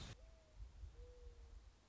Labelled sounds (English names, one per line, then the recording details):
Mourning Dove
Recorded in Sonoma County, California